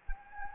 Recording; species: mosquito wingbeat signal from an infrared sensor; Anopheles gambiae